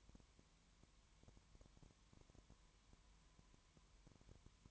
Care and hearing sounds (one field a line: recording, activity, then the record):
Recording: daily activity, microphone in the room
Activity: no activity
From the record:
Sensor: 3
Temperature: 20.1 degrees Celsius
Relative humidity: 31.4%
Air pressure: 1001.3 hPa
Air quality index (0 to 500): 74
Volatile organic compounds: 1 ppm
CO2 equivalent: 695 ppm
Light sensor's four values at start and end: 2/3/2/2 and 2/3/2/2